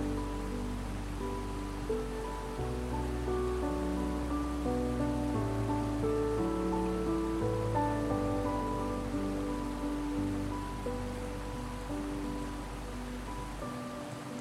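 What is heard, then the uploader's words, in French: Soft music with sustained low notes and slowly shifting melodic tones plays over a steady wash of flowing river water. The watery hiss is constant, and the level stays even throughout, with chord changes every couple of seconds. Sons Apaisants d'une RIVIERE en Mouvement avec une MUSIQUE Sereine.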